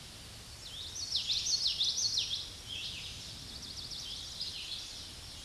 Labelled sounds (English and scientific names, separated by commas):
Common Yellowthroat (Geothlypis trichas) song